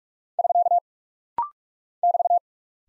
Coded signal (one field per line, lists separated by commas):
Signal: Morse code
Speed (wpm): 44 wpm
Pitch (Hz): 700 Hz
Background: none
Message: <SK> <BT>